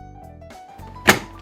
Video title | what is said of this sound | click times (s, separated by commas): How To Install Vertical Blinds | Push the back of the headrail up into the bracket until you hear it click into place. | 1.1 s